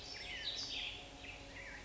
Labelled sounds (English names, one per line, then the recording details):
Black-headed Grosbeak
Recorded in Sonoma County, California